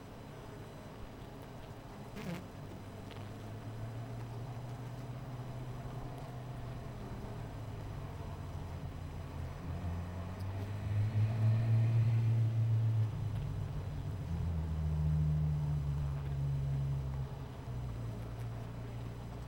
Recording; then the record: honeybee colony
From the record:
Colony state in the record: missing queen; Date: 14 July 2017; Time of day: 17:21